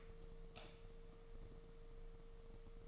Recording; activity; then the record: daily activity, microphone in the room; light off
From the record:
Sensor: 4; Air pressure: 1015.6 hPa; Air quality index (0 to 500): 181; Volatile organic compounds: 8 ppm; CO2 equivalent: 2097 ppm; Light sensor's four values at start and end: 23/56/24/26 and 22/53/22/24